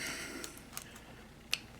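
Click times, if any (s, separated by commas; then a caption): 1.5 s. During reassembly of a Smith and Wesson 910 9mm pistol, the plastic recoil spring guide rod is worked back into the slide. A few small ticks at about 0.4 and 0.8 seconds come before a sharp click at 1.5 seconds, as the guide rod seats in the slide.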